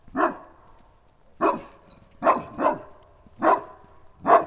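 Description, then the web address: St. Bernard barking loudly at irregular intervals, six barks in all, two of them close together. Farmyard dog in Nagykőrös. "allathangok parasztudvar kutya bernathegyi nagykoros"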